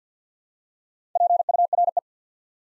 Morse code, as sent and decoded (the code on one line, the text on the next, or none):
.--. ..- .-. .
PURE